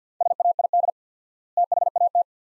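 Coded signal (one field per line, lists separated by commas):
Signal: Morse code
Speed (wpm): 50 wpm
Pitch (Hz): 700 Hz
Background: none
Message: SAID THAT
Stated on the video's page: Morse practice drill of two-word sets at 50 wpm with 4x word spacing, a Farnsworth-like method applied to words.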